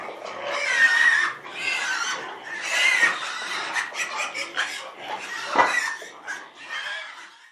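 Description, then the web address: Pigs squealing, a herd of shrill, harmonic squeals overlapping almost continuously, rising and falling in bursts. Herd of pigs squealing on a farm. "sonido de una piara de cerdos chillando en una granja"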